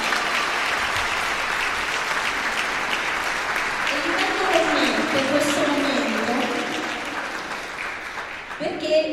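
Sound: audience applause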